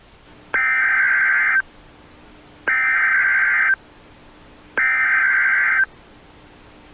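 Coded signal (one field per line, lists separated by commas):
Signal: Emergency Alert System (SAME) tones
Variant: header bursts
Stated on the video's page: Fictional EAS scenario of a nuclear missile alert, made on request, not a real alert.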